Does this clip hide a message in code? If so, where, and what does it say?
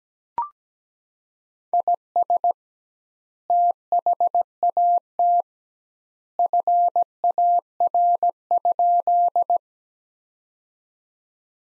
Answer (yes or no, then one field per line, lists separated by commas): yes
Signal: Morse code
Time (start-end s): 1.7-9.6 s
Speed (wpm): 17 wpm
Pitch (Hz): 700 Hz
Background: none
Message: IS THAT FAR?